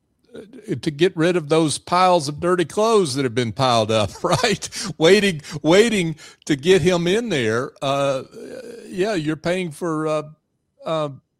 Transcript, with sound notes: uh to get rid of those piles of dirty clothes that have been piled up, right? [laughter] Waiting— waiting to get him in there. Uh yeah, you’re paying for uh um